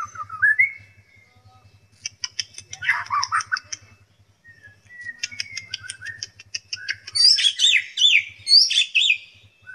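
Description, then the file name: White-rumped shama song of rising whistles, rapid chattering trills and loud high warbled phrases, over a steady low pulsing hum. Song containing 'tembakan' phrases of canary and kingfisher (tengkek). "murai batu tembakan kenari tengkek"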